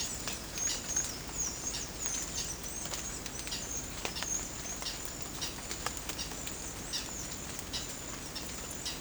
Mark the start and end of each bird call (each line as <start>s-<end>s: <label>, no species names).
0.00s-8.96s: bird call